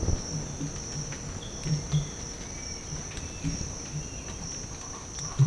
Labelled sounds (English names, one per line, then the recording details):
none
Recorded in dense forest near Puerto Asís, Putumayo, Colombia, on 22 December 2024 at 06:30
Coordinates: 0.484, -76.317
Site G026